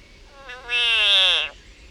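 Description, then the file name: Frog giving a single strained, cat-like scream, quiet at first then abruptly loud, held steady and dropping a little in pitch before cutting off. Frog in agony. "Yannick Dauby agony of a frog"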